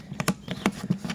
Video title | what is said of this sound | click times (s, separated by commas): Quel pondoir pour des poules Brahma ... | voilà c'est clipsé | 0.3 s, 0.7 s